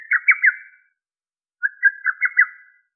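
Lesser cuckoo giving two quick, staccato whistled phrases, the first of three notes and the second of about five, separated by a short silence.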